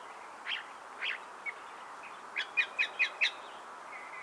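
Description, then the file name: California thrasher giving a few scratchy notes, then a quick run of five sharp, evenly repeated notes, with a final note at the end. "Toxostoma redivivum - California Thrasher"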